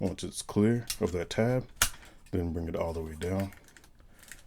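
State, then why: Seated. Someone talks while a plastic section of an IronTrans IR-V01 Star Blade transforming robot figure is cleared past a tab and brought all the way down toward its locked position on the figure body. After a few faint handling ticks, it snaps into place with a sharp click at 4.3 s, seating the part.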